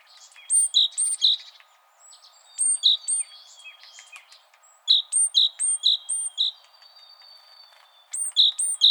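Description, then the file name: Great tit song: bright two-note phrases repeated in quick bursts of several notes, with pauses between, over a faint steady hum. "Parus major"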